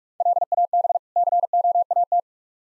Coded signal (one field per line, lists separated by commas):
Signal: Morse code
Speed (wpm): 46 wpm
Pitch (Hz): 700 Hz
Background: none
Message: LAB COAT